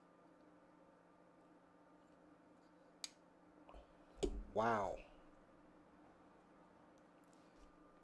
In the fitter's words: Wow that popped off with some force